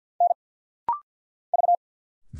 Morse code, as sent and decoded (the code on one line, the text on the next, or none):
-. / ...-
N V